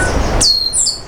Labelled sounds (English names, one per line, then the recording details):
Stitchbird song
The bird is a male
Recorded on Tiritiri Matangi Island, New Zealand, in 2005
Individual 12, of nest box 16